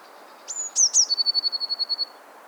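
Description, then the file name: Eurasian blue tit giving one song phrase: a thin high whistle, two dropping notes, then a bright rapid trill of even notes. "Cyanistes caeruleus"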